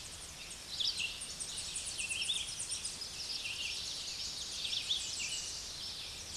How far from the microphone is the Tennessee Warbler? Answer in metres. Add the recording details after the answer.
about 45 m. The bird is about 15 m above the microphone. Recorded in a Pennsylvania forest on 16 May 2024 at 07:54. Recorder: AudioMoth, point MSD-2305. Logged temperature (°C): 16.9 °C. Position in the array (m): 83 m, 226 m